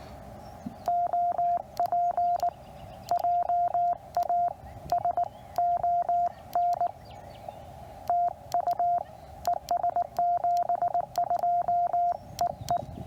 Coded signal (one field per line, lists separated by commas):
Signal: Morse code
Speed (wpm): 19 wpm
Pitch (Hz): 700 Hz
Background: radio noise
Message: OP JAS ON TU ES 72 EE